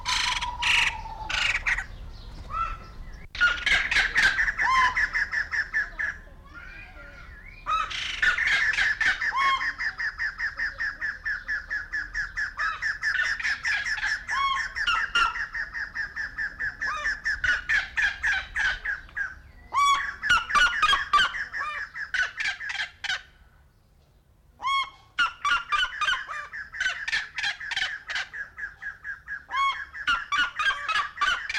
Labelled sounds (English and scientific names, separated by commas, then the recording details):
White-crested Laughingthrush (Garrulax leucolophus) call
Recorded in captivity
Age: adult
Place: Zoo Berlin, Berlin, DE
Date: 1994-05-28 11:43
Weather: bedeckt, 12-15°C
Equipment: Marantz CP 430, Sennheiser ME 80, Kopie Uher Variocord 263
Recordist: Tembrock, Günter